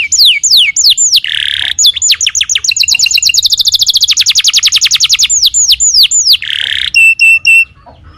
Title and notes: Pancingan Kenari Muda Durasi Panjang. masteran kenari